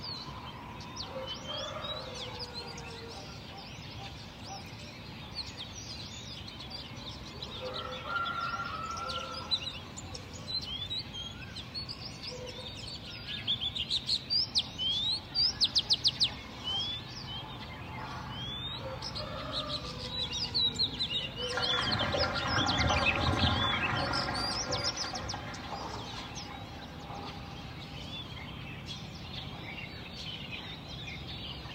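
Several birds chirp and twitter throughout, with a denser burst of calls around fifteen seconds and a rougher, louder stretch near twenty-two seconds.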